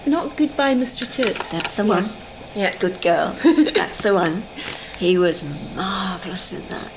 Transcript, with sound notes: Not Goodbye Mr Chips?
That's the one.
Yeah.
Good girl. [laughs] That's the one. He was marvellous in that!